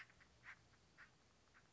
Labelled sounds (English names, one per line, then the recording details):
Acorn Woodpecker
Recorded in Sonoma County, California